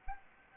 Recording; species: mosquito wingbeat signal from an infrared sensor; Anopheles arabiensis